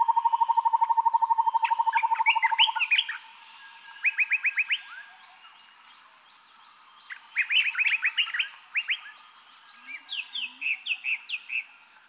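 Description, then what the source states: Birds chirping, opening with a fast, even trill for about three seconds, followed by bursts of quick, high chirps with short quiet gaps between them. Calm forest atmosphere.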